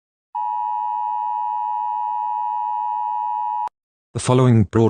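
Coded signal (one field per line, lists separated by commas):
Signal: Emergency Alert System (SAME) tones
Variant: 853 and 960 Hz attention tone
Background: speech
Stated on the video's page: Fictional EAS scenario, simulated, with text-to-speech.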